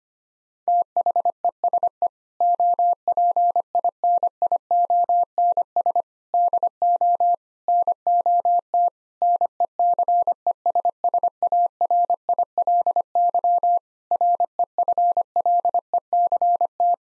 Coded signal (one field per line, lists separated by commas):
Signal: Morse code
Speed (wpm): 25 wpm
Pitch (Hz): 700 Hz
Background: none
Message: THESE OPINIONS DO NOT NECESSARILY REFLECT